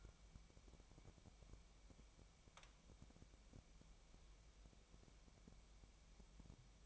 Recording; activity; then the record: daily activity, microphone in the room; wipe stove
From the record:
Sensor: 1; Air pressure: 1003.3 hPa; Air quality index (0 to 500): 201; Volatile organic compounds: 6 ppm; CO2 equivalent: 1930 ppm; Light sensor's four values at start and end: 10/23/10/11 and 9/23/9/11